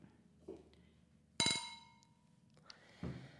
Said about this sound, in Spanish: Bueno, pues seguimos aquí, hemos abierto un cava, vamos a hacer un brindis,